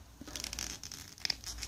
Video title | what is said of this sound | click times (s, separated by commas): Figure Review: Marvel Legends - Kree Sentry Wave - Captain Marvel Movie: 01 Nick Fury | That is a tight peg. I didn't hear it pop. | none